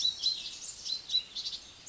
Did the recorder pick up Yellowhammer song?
no